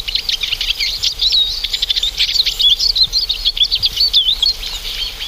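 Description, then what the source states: Eurasian Siskin calls from a flock, a busy stream of high thin chirps and wavering slurred whistles overlapping one another without pause. Small finch-family winter bird that never goes alone and always forms flocks; call closely resembles the Oriental Greenfinch's but leaves out the greenfinch's 'chiriri' part.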